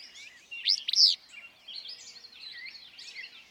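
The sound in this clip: Willow flycatcher song: a single quick, buzzy two-note phrase standing out from a dense background of chattering songbirds.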